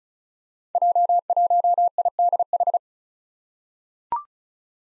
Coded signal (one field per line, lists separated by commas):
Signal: Morse code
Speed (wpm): 36 wpm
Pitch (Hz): 700 Hz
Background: none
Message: J1IDH